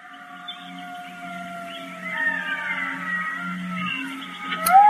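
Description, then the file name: Golden jackal howl, long, thin, sustained wailing tones drawn out and slowly falling, over a low steady hum, ending in a brief rising note. "Stimme Goldschakal"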